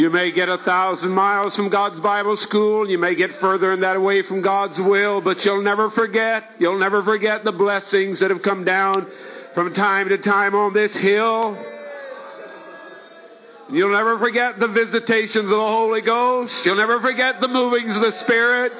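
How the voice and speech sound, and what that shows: A man preaches in a raised, fervent voice at a chapel service at God's Bible School and College, repeating the refrain "you'll never forget" at a steady, rhythmic pace. Speech is fluent and clear, with no repetitions, blocks or prolongations, and one brief pause about midway.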